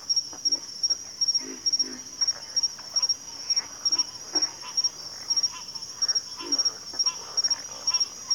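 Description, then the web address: Pig frog grunting faintly in uneven low pulses beneath a loud, rhythmically pulsing insect chorus. Pig frogs calling in a bayou. "Echoes of Nature - Bayou Pig Frogs"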